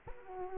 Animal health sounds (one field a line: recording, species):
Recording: mosquito wingbeat signal from an infrared sensor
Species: Culex quinquefasciatus